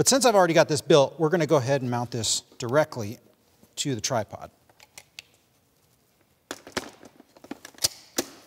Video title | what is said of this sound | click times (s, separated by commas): "Camera Engineering Basics" from CLARK | when you mount your camera you want to make sure that you hear that click before you let go | 6.5 s, 6.8 s, 7.7 s, 7.9 s, 8.2 s